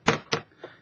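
The plastic screen frame (bezel) of a Dell Inspiron N5030 laptop is pressed down around the edge of the display lid so its clips snap into place. Two sharp snapping clicks are heard, a loud one near 0.1 s and the loudest at 0.3 s, followed by a faint softer tap. The bezel clips are seated.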